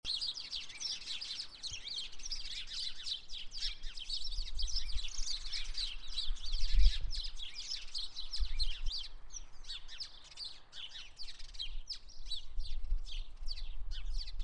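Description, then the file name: House sparrow chirps, many overlapping short notes in a busy continuous chatter, with low rumbling background noise throughout. "Passer domesticus"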